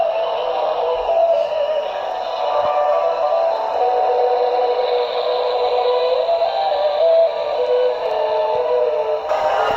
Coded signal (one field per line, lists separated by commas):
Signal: FT8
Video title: Build a Raspberry Pi Pico SDR Radio with Waterfall Display